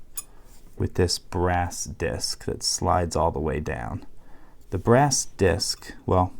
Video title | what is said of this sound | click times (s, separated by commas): [91] CSP Modular Tubular Key Kit and Tubular Picking Tricks | and that gets locked into place | 0.2 s